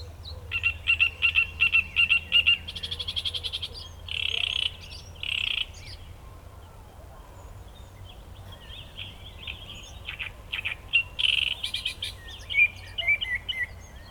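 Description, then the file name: Great reed warbler delivering harsh, churring song phrases of rapidly repeated grating notes, with short pauses and softer scratchy sounds between louder bursts. Recorded at Ilkeston on 18 June. "Great Reed Warbler Ilkeston 18 06"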